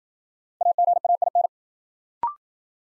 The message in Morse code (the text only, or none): AGAIN